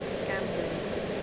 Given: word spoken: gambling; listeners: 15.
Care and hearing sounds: one English word in noise, from a listening test; speech-shaped noise; -5.5 dB; 3 of 15; 10 of 15; 0.83 s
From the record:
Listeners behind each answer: 10, 3, 1, 1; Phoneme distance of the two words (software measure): 14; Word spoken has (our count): 3 syllables, 7 phonemes, stress on syllable 1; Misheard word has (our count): 2 syllables, 5 phonemes, stress on syllable 1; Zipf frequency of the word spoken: 3.84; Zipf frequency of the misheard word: 4.15

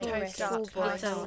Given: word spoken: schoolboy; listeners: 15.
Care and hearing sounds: one English word in noise, from a listening test; four-talker babble; -0.9 dB; 0 of 15; 6 of 15; 0.87 s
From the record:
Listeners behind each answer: 6, 6, 1, 1, 1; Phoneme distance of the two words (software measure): 52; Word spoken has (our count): 2 syllables, 6 phonemes, stress on syllable 1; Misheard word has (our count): 1 syllable, 4 phonemes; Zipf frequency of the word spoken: 3.56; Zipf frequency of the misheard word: 4.27

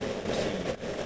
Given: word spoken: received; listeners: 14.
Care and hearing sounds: one English word in noise, from a listening test; noise modulated by three-talker babble; -7.7 dB; 0 of 14; 6 of 14; 0.66 s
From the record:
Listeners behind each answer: 6, 4, 2, 1, 1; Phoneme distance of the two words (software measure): 27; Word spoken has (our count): 2 syllables, 6 phonemes, stress on syllable 2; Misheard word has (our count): 2 syllables, 5 phonemes, stress on syllable 2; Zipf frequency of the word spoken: 4.65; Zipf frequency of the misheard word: 3.35

